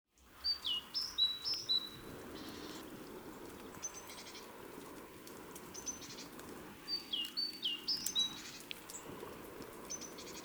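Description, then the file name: Great tit calling in two bursts of sharp, down-slurred notes, quick and repeated, separated by a pause with faint high ticking and a constant background hiss. "Parus major"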